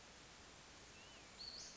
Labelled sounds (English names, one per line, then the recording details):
Western Flycatcher
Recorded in Sonoma County, California